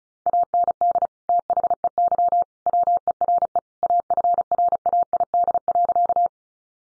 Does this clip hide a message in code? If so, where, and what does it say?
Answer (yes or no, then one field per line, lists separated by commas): yes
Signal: Morse code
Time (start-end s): 0.3-6.3 s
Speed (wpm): 34 wpm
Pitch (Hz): 700 Hz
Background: none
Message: AND THEY WERE AFRAID.